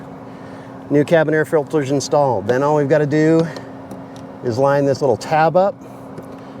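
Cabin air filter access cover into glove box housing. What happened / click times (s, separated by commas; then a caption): Handled, not yet home: the cover has not clicked in / none. With a new cabin air filter installed in a 2022 Chevy Bolt EV, the plastic filter access cover is handled while its tab is lined up to go back into the glove box housing. Someone talks throughout over a steady low hum. Nothing has clicked or seated yet.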